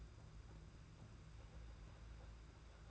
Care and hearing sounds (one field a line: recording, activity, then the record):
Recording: daily activity, microphone in the room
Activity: place on stove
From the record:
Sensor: 2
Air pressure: 991.8 hPa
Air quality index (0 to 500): 232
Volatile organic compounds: 1000 ppm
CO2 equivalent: 7793 ppm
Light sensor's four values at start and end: 19/59/23/21 and 19/59/23/21